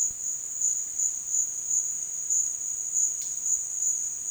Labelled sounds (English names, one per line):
none